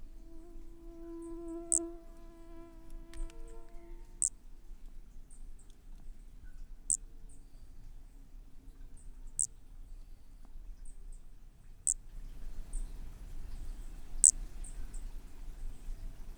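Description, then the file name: Brachycephalus frog producing isolated tiny high-pitched clicks roughly every two and a half seconds; a faint steady hum fades early on, otherwise quiet. Undetermined Brachycephalus species, individual 7, Corcovado, 18 December 2017; recorded at 20–100 cm from the frog; four notes were missed. "MHNCI Brachy sp ind 7 perdeu 4 notas 20-100 cm Corcovado 18 dez 2017 MRB"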